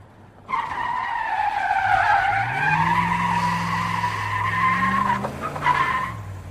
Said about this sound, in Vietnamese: Một loạt dài tiếng còi inh ỏi phát ra, một tiếng két nức lòng đã nghe từ bộ thắng vang vọng lên trong đêm khuya.